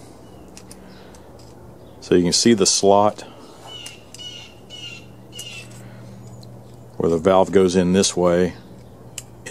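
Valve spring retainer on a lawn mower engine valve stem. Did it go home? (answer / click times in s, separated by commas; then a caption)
yes / 9.2 s. Someone talks while sliding the steel valve stem of a small Briggs & Stratton lawn mower engine into the slot of the valve spring retainer, using a valve spring compressor. A sharp snap is heard at 9.2 s as the retainer is pulled back to the center and seats onto the stem, which keeps it from slipping through.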